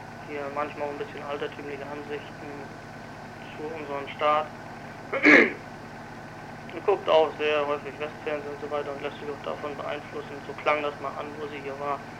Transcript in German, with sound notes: Hier manchmal auch 'n bisschen altertümliche Ansichten zu unserem Staat [räuspert] und guckt auch sehr häufig Westfernsehen und so weiter und lässt sich auch davon beeinflussen, so klang das mal an, wo sie hier war,